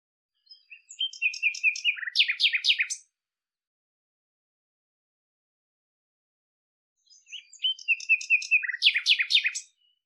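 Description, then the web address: Bird giving two dense chattering phrases of rapid mixed chirps, separated by about four seconds of silence. "cianscape birddata Deverinetal 2025 Bird Lu Me Lu Me"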